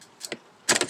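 A plastic center console trim piece in a Subaru Legacy dashboard console, removed during a vent mode actuator replacement, is eased up gently all around so it won't break. Sharp plastic pops are heard at 0.3 s and 0.7 s as its pressure-fit clips release, followed by another quick snap. The trim piece comes free.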